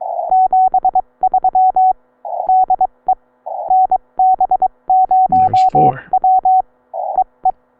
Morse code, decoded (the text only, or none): 73 DE NB0W EE